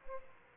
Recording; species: mosquito wingbeat signal from an infrared sensor; Aedes aegypti